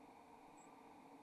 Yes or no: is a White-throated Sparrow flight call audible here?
yes